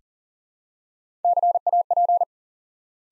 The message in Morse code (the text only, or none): CAP